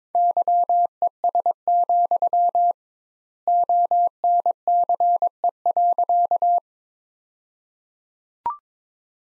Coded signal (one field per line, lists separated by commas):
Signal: Morse code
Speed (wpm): 21 wpm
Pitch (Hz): 700 Hz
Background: none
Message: YES, ONCE.